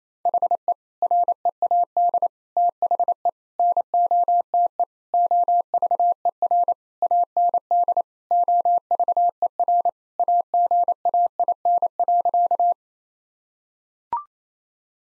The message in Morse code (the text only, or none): HE READ THE NOTE OVER AND OVER AGAIN.